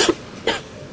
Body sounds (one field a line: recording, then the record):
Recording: coughing mixed with background sound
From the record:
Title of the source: 55 gaggy wet cough